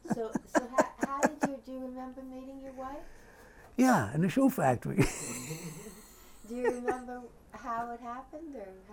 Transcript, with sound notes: So, so, how did you - do you remember meeting your wife?
Yeah, in the shoe factory. [laughs]
Do you remember how it happened, or how you --?